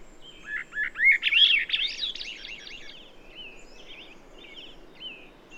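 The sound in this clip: Bird song: a lively phrase of rapid rising and falling warbled notes, trailing into softer, thinner notes.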